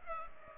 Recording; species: mosquito wingbeat signal from an infrared sensor; Culex pipiens